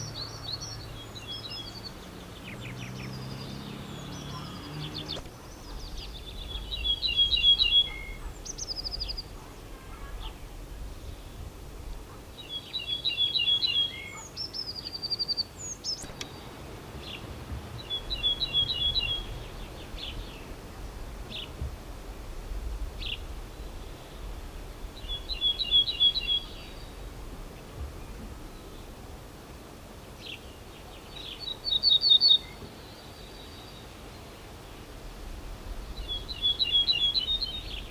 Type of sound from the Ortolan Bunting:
song